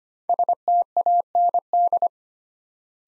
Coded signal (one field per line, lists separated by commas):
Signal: Morse code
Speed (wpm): 25 wpm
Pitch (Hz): 700 Hz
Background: none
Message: STAND